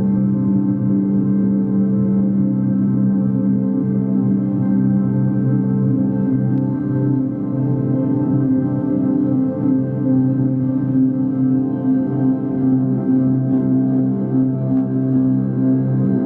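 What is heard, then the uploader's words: Chakra tones and vibrations hum steadily for the whole time, a low layered drone with a soft, even shimmer and no distinct strikes. Chakra friendly tones and vibrations.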